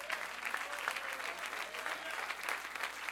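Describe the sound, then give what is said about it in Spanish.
Audience applause from an audience during a Christian sermon: many hands clapping in a dense, steady patter that holds at an even, moderate level for about three seconds, with no voices rising above it. “Ese aplausito no lo dice que usted no cree nada aquí.”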